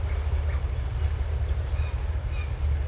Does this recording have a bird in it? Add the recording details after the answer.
no. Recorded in secondary vegetation near Puerto Asís, Putumayo, Colombia, on 20 December 2024 at 08:30. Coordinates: 0.468, -76.324. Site G095